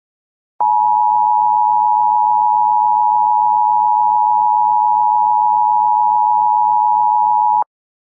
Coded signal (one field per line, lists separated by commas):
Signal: Emergency Alert System (SAME) tones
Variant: 853 and 960 Hz attention tone